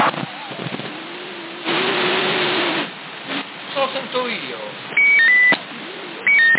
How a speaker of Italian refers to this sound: Già io ho tutto lo senti, ma io non sento niente qua, sento solo la tua voce, il bip. Il doppio bip.